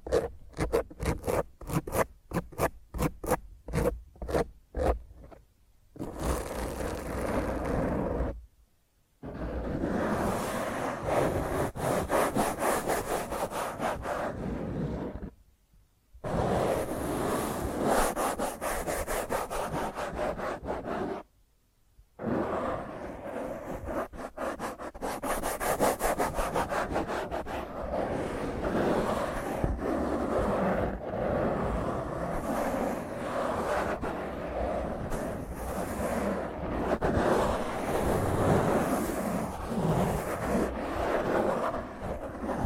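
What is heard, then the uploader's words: Rough fingernail scratching on a microphone, opening with fast separate strokes, then dense continuous rasping broken by short silent gaps near 9, 16 and 22 seconds. ASMR Intense Rough Mic Scratch using HandNails (No Talking).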